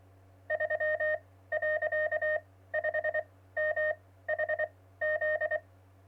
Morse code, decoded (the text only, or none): 3.5MHZ